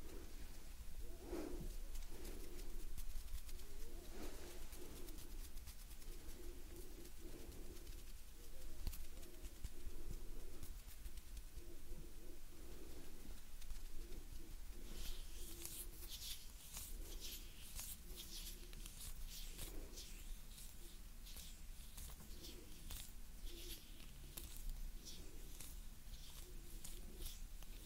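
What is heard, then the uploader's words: Gentle hand movements and breathing, with soft low pulses repeating every second or two throughout, a little like cooing. From about halfway, bright crisp rustles and scratchy brushes join in irregular bursts, over a steady faint low hum. Gentle Hand Sounds Movements & Breathing.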